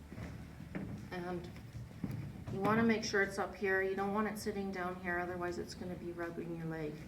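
A stirrup leather buckle is pushed back up to the top of a racehorse saddle's metal safety bar, where it clicks into place at 0.8 s. It is set high so it won't sit low and rub the rider's leg. Someone talks throughout.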